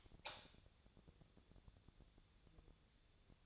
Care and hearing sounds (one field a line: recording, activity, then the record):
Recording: daily activity, microphone in the room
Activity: light on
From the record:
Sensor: 3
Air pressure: 1000.0 hPa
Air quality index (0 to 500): 122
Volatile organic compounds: 2 ppm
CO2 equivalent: 1090 ppm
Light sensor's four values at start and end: 37/93/39/43 and 39/100/43/46